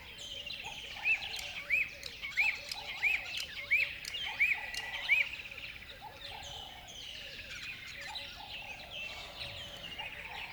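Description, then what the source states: Birds singing together; one gives a short rising-falling chirp seven times in quick succession, then a mixed chorus of trills and warbles carries on. Birds singing at dawn in a river bed.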